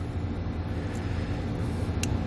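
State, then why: Seated. A blue plastic relay from a Curt T-Connector wiring harness is pushed into its white wiring-harness plug at the front passenger seat of a 2019 Nissan Frontier. Over a steady low rumble, a sharp click is heard at 2.0 s as the relay locks into place and is seated.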